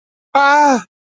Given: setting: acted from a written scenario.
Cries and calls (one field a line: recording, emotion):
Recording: vocal sound without words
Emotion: elation